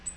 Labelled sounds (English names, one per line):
Black-throated Green Warbler flight call